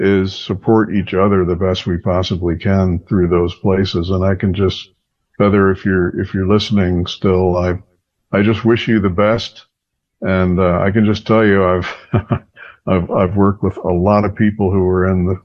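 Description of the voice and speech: A man speaks fluently in a low, steady voice with natural pauses; ordinary clear speech.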